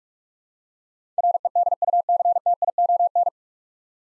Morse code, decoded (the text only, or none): REDUCTION